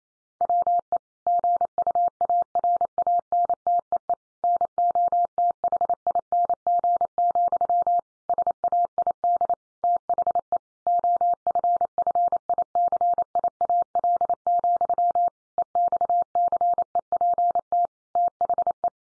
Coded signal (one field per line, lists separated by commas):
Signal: Morse code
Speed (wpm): 28 wpm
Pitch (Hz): 700 Hz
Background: none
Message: WE GUARANTEE NOTHING, SAID THE OFFICIAL, EXCEPT THE